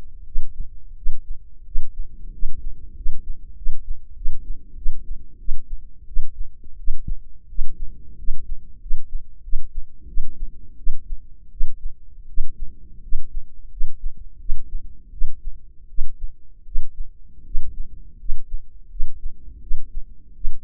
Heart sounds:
heart sounds by microphone in the left ear; 87 bpm
0.25 s: heartbeat
0.95 s: heartbeat
1.64 s: heartbeat
2.31 s: heartbeat
2.94 s: heartbeat
3.55 s: heartbeat
4.14 s: heartbeat
4.75 s: heartbeat
5.38 s: heartbeat
6.06 s: heartbeat
6.77 s: heartbeat
7.47 s: heartbeat
8.16 s: heartbeat
8.79 s: heartbeat
9.42 s: heartbeat
10.06 s: heartbeat
10.76 s: heartbeat
11.50 s: heartbeat
12.27 s: heartbeat
13.01 s: heartbeat
13.69 s: heartbeat
14.38 s: heartbeat
15.11 s: heartbeat
15.88 s: heartbeat
16.64 s: heartbeat
17.44 s: heartbeat
18.18 s: heartbeat
18.89 s: heartbeat
19.60 s: heartbeat
20.34 s: heartbeat
From the record:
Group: healthy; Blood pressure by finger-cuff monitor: 102/58 mmHg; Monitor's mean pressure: 72 mmHg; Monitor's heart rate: 87 bpm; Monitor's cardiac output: 7.9 L/min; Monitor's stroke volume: 88 mL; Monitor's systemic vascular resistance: 650 dyn s/cm5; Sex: female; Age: 22 years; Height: 157 cm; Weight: 47.6 kg

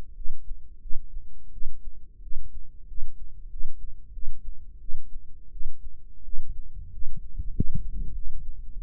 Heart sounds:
heart sounds by microphone in the right ear; 91 bpm
0.14 s: heartbeat
0.80 s: heartbeat
1.51 s: heartbeat
2.21 s: heartbeat
2.86 s: heartbeat
3.49 s: heartbeat
4.12 s: heartbeat
4.79 s: heartbeat
5.50 s: heartbeat
6.23 s: heartbeat
6.90 s: heartbeat
7.53 s: heartbeat
8.13 s: heartbeat
8.72 s: heartbeat
From the record:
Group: healthy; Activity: rest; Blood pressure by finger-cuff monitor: 122/91 mmHg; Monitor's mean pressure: 100 mmHg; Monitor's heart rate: 91 bpm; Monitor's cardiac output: 6.6 L/min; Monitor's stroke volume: 73 mL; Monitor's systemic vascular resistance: 1130 dyn s/cm5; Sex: female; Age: 19 years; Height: 163 cm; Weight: 51 kg

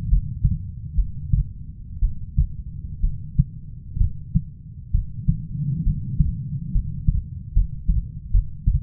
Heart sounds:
heart sounds by stethoscope; 66 bpm
0.09 s: heartbeat
0.95 s: heartbeat
2.00 s: heartbeat
3.01 s: heartbeat
3.98 s: heartbeat
4.92 s: heartbeat
5.84 s: heartbeat
6.72 s: heartbeat
7.53 s: heartbeat
8.31 s: heartbeat
From the record:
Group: healthy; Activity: rest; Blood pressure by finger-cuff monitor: 129/68 mmHg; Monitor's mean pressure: 88 mmHg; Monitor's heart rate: 64 bpm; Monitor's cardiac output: 5.9 L/min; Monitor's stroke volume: 92 mL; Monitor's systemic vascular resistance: 1100 dyn s/cm5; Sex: female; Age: 37 years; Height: 168 cm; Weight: 70 kg

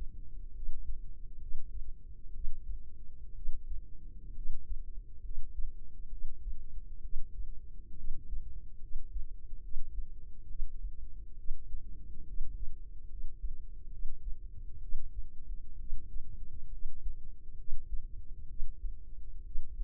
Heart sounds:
heart sounds by microphone in the left ear; 67 bpm
0.52 s: heartbeat
1.38 s: heartbeat
2.32 s: heartbeat
3.33 s: heartbeat
4.33 s: heartbeat
5.21 s: heartbeat
6.09 s: heartbeat
7.01 s: heartbeat
7.95 s: heartbeat
8.79 s: heartbeat
9.60 s: heartbeat
10.46 s: heartbeat
11.35 s: heartbeat
12.24 s: heartbeat
13.07 s: heartbeat
13.89 s: heartbeat
14.79 s: heartbeat
15.76 s: heartbeat
16.69 s: heartbeat
17.55 s: heartbeat
18.46 s: heartbeat
19.42 s: heartbeat
From the record:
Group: healthy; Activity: cold pressor test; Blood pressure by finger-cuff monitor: 101/64 mmHg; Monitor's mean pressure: 77 mmHg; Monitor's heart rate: 67 bpm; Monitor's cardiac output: 5.6 L/min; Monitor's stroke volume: 84 mL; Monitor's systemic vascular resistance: 990 dyn s/cm5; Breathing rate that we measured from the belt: 15 breaths a minute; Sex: female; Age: 23 years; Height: 160 cm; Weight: 50.4 kg

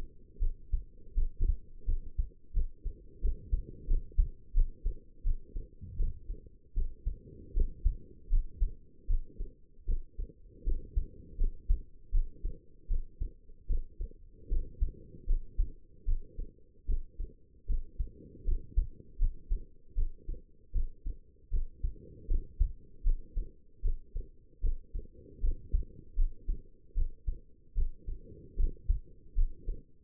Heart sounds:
heart sounds by stethoscope; 79 bpm
0.39 s: heartbeat
1.14 s: heartbeat
1.85 s: heartbeat
2.53 s: heartbeat
3.21 s: heartbeat
3.87 s: heartbeat
4.53 s: heartbeat
5.23 s: heartbeat
5.96 s: heartbeat
6.74 s: heartbeat
7.53 s: heartbeat
8.29 s: heartbeat
9.07 s: heartbeat
9.85 s: heartbeat
10.64 s: heartbeat
11.37 s: heartbeat
12.11 s: heartbeat
12.87 s: heartbeat
13.67 s: heartbeat
14.48 s: heartbeat
15.26 s: heartbeat
16.05 s: heartbeat
16.86 s: heartbeat
17.66 s: heartbeat
18.44 s: heartbeat
19.18 s: heartbeat
19.95 s: heartbeat
20.72 s: heartbeat
21.50 s: heartbeat
22.27 s: heartbeat
23.03 s: heartbeat
23.82 s: heartbeat
24.61 s: heartbeat
25.40 s: heartbeat
26.15 s: heartbeat
26.94 s: heartbeat
27.74 s: heartbeat
28.56 s: heartbeat
29.35 s: heartbeat
From the record:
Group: healthy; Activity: rest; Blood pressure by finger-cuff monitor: 121/82 mmHg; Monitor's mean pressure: 93 mmHg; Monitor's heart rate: 77 bpm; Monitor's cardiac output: 5.7 L/min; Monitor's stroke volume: 73 mL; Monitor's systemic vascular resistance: 1200 dyn s/cm5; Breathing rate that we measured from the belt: 16 breaths a minute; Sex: female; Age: 22 years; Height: 160 cm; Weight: 45 kg

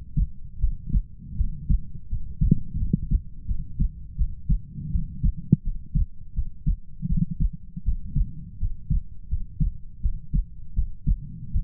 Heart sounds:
heart sounds by stethoscope; 82 bpm
0.59 s: heartbeat
1.35 s: heartbeat
2.08 s: heartbeat
2.77 s: heartbeat
3.46 s: heartbeat
4.16 s: heartbeat
4.90 s: heartbeat
5.62 s: heartbeat
6.33 s: heartbeat
7.07 s: heartbeat
7.83 s: heartbeat
8.58 s: heartbeat
9.28 s: heartbeat
10.00 s: heartbeat
10.73 s: heartbeat
11.51 s: heartbeat
From the record:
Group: healthy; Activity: cold pressor test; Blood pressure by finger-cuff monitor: 93/62 mmHg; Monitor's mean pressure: 74 mmHg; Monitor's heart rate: 82 bpm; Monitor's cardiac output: 6.9 L/min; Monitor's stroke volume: 86 mL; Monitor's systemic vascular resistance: 770 dyn s/cm5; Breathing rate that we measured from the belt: 18 breaths a minute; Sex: female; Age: 19 years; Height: 163 cm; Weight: 48.9 kg

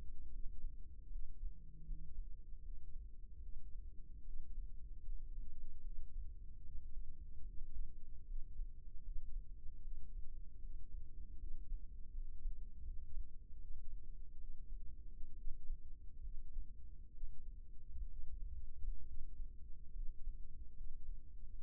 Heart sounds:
heart sounds by microphone in the left ear; 73 bpm
0.32 s: heartbeat
1.11 s: heartbeat
1.87 s: heartbeat
2.64 s: heartbeat
3.43 s: heartbeat
4.26 s: heartbeat
5.06 s: heartbeat
5.84 s: heartbeat
6.65 s: heartbeat
7.47 s: heartbeat
8.28 s: heartbeat
9.05 s: heartbeat
9.83 s: heartbeat
10.62 s: heartbeat
11.40 s: heartbeat
12.14 s: heartbeat
12.86 s: heartbeat
13.61 s: heartbeat
14.40 s: heartbeat
15.38 s: heartbeat
16.24 s: heartbeat
17.13 s: heartbeat
18.09 s: heartbeat
19.07 s: heartbeat
19.95 s: heartbeat
20.77 s: heartbeat
21.60 s: heartbeat
From the record:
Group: healthy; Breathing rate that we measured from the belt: 16 breaths a minute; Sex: male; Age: 22 years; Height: 181 cm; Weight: 79 kg

